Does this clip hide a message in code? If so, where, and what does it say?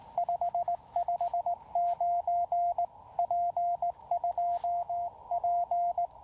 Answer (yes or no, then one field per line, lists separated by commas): yes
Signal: Morse code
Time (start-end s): 0.2-6.1 s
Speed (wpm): 17 wpm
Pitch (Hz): 690 Hz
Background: radio noise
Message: 559 P2P